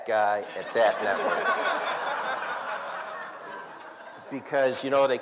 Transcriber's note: soundbite of laughter